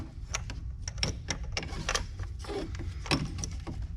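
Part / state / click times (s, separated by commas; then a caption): oil hose quick-connect onto supercharger fitting / seated / 1.0 s. A lubricated oil hose end with two internal o-rings is pushed straight onto the quick-connect fitting on the bottom of a supercharger. Amid a series of short clicks and rattles, a sharp click at 1.0 s marks the hose seating onto the fitting.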